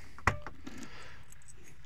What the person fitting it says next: oh click I've not heard a click like that